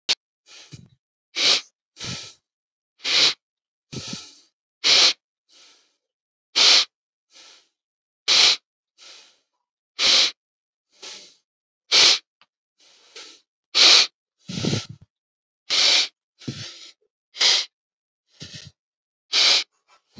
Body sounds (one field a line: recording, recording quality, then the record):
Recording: shallow breathing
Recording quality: excellent, no background noise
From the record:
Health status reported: COVID-19 positive, mild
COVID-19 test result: positive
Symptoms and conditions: cough, breathing difficulty, loss of smell and taste, chronic lung disease, pneumonia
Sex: male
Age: 48 years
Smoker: not ticked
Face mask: not worn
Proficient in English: yes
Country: India